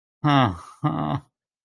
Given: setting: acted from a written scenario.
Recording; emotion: vocal sound without words; guilt